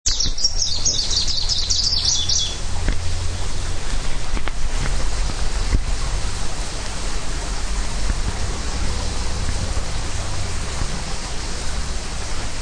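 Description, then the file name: Greenish warbler song, a fast high-pitched jumbled warble lasting about two and a half seconds at the start, followed by steady low rumbling background noise. Hilchenbach, Germany. "Gruenlaubsaenger Hilchenbach LS -M-Frede"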